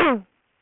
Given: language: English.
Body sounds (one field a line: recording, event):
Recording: throat vibration sensor signal played as sound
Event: throat clearing